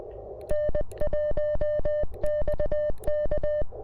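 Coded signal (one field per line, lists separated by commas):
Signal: Morse code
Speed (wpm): 20 wpm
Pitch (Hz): 3000 Hz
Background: none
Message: N1XK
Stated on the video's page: POTA park activation on CW with a self-designed CFT1 transceiver, possibly keyed with an iambic paddle and using an end-fed halfwave antenna.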